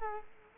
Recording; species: mosquito wingbeat signal from an infrared sensor; Culex quinquefasciatus